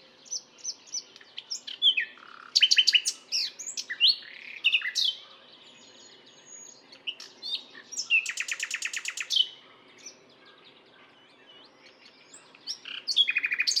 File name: Luscinia megarhynchos